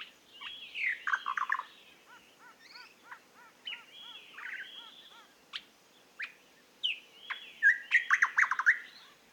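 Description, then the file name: Eastern nicator giving varied whistled, downslurred phrases mixed with sharp clicks and a rapid string of short notes, louder near the end. "British Library - Eastern Nicator Nicator gularis"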